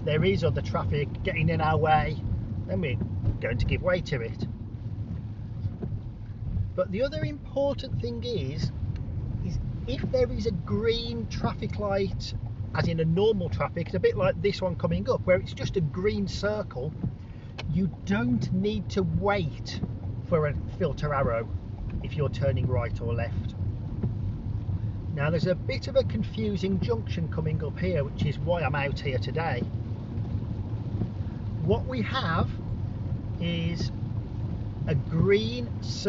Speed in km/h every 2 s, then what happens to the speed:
31, 23, 16, 23, 21, 19, 19, 23, 29, 34, 31, 29, 31, 34, 37, 37, 37, 39.
0-3 brakes to 16. 3-12 steady at about 19. 12-18 speeds up to 34. 22-27 speeds up to 37. 27-36 steady at about 37.